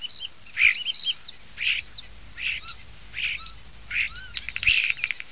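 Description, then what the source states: Common starling song: a varied string of short squeaky, rasping and slurred notes, ending in quick clicking phrases. Starling song used as a lure in Italian traditional bird-catching (uccellagione).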